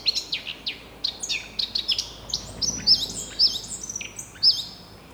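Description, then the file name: Eurasian blackcap delivering a rapid, varied stream of high chirps and sharp whistled notes, continuing almost without break through the whole stretch. "Sylvia atricapilla"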